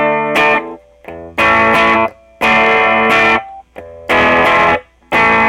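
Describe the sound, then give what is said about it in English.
Clean electric guitar tone from a Telecaster played through a Blues Junior amp: loud, bright chords in strummed bursts separated by short pauses, with ringing harmonics and no voices. “So, let's hear the clean tone.”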